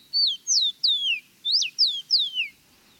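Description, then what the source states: Rufous-collared Sparrow song: six clear, high whistled notes, each sliding downward, given in a quick uneven series over quiet background. Familiar backyard bird found through much of Latin America; local name tico-tico, given for its song.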